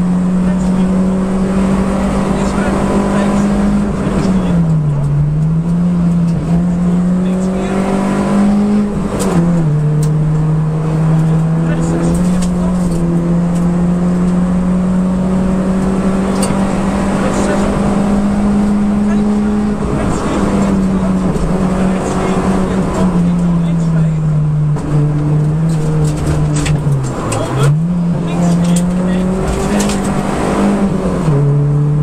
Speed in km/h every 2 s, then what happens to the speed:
119, 125, 78, 82, 91, 101, 108, 117, 124, 129, 114, 104, 93, 77, 80, 90.
2-4 brakes to 78. 4-17 speeds up to 129. 17-26 brakes to 77. 26-32 speeds up to 90.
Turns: none.